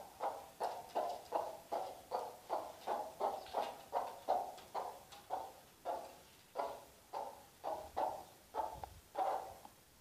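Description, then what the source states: Chicken clucking rhythmically, a long run of low, clipped notes roughly two or three per second over faint background hiss. Hen.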